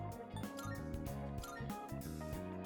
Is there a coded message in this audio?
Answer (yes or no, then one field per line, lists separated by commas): no